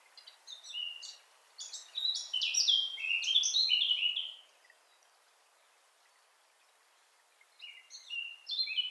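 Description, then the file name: Eurasian blackcap song: a rich, fast warble of varied whistled notes lasting a few seconds, a pause, then another phrase begins. "Sylvia atricapilla"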